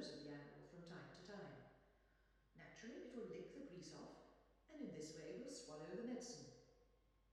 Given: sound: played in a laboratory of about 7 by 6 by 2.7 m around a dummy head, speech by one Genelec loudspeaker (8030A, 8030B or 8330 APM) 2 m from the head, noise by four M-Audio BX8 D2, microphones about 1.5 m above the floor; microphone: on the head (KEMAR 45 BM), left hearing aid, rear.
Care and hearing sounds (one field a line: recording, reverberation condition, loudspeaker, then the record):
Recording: female speech in English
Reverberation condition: high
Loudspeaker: in front (0 degrees)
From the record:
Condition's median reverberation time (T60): about 1300 ms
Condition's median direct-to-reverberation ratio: about -4.0 dB